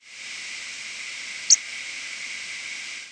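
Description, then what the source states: Wilson's warbler flight call: a single very short, high, sharp note midway through, over steady hiss. Nocturnal flight call.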